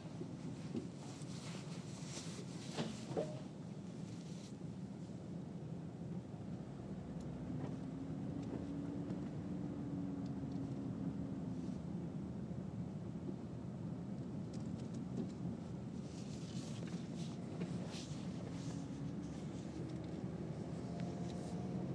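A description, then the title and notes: A car wash runs with a steady, dense low rumble and roar throughout. Hissing sprays flare up near the start and again around fifteen to twenty seconds, while a faint whining tone rises and falls in the middle. Car wash!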